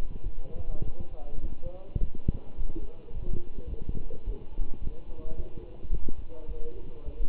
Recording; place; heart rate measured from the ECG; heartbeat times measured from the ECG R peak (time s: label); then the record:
heart sounds by stethoscope; between the tricuspid and mitral areas; 106 bpm
0.24 s: heartbeat
0.85 s: heartbeat
1.43 s: heartbeat
2.01 s: heartbeat
2.58 s: heartbeat
3.14 s: heartbeat
3.71 s: heartbeat
4.26 s: heartbeat
4.81 s: heartbeat
5.37 s: heartbeat
5.92 s: heartbeat
6.48 s: heartbeat
7.06 s: heartbeat
From the record:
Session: walking at 3.7 km/h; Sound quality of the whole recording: good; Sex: male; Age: 24 years